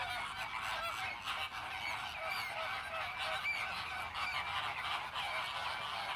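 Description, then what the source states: Flamingo flock honking continuously, many nasal goose-like calls overlapping into a steady, busy chatter with no pauses. Captive flamingos at the Bristol Zoo flamingo enclosure.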